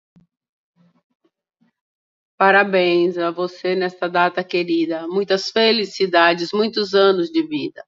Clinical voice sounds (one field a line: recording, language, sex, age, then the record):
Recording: short text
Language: Brazilian Portuguese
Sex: female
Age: 60 to 69 years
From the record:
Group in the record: control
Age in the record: 61 years